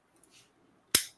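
On a training pistol's fire-control group, the trigger connector is pushed to the side so the cruciform pops up, then the cruciform is pushed down to disconnect it. After faint small ticks and a soft rustle, a sharp, loud click lands at 0.9 s with a brief ring-down, and the connector is released.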